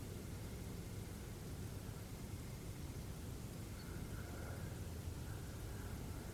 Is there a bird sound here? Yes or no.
no